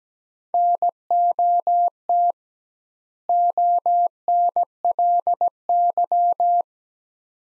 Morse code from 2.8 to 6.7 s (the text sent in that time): ONLY